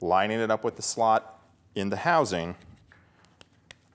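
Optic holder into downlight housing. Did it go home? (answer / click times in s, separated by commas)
yes / 3.4 s, 3.7 s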